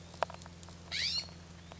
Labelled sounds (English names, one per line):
California Scrub-Jay